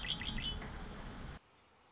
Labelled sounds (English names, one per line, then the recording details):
Red-winged Blackbird
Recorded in Sonoma County, California